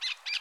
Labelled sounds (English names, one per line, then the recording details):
Brown-throated Parakeet contact call
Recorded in Curacao
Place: along powerline, near entrance of Santa Barbara resort
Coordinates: 12.068, -68.844